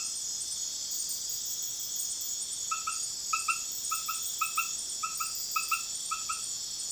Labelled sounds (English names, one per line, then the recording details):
none
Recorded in dense forest near Puerto Asís, Putumayo, Colombia, on 18 February 2024 at 20:30
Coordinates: 0.505, -76.324
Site G6467